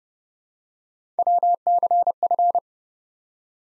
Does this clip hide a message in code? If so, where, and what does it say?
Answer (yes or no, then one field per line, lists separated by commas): yes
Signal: Morse code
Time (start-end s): 1.2-2.6 s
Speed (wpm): 30 wpm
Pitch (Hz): 700 Hz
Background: none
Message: WCF